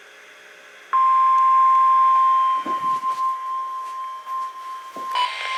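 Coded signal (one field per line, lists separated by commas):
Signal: Emergency Alert System (SAME) tones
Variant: 1050 Hz attention tone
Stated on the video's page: Received from three NOAA Weather Radio stations in Texas.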